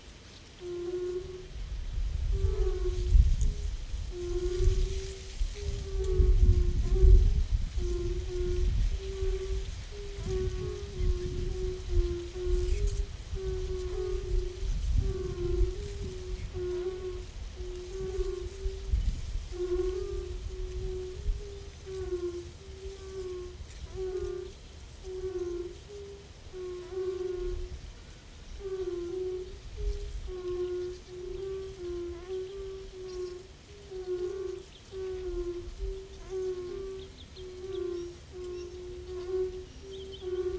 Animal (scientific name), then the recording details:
Bombina bombina. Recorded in the wild. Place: Gorleben, OT Meetschow, Wendland, Niedersachsen, DE. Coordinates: 53.0483, 11.3881. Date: 1969-05-24. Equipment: Uher 4000 Report-S, Bändchenmikro Beyer M 260, Parabolspiegel Polyester (470 mm). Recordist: Conrads, Klaus